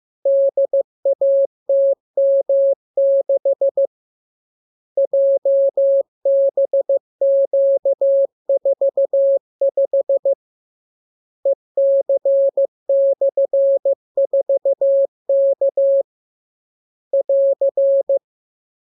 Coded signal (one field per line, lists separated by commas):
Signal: Morse code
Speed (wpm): 15 wpm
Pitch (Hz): 550 Hz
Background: none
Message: DATM6 JBQ45 EC/4K <AR>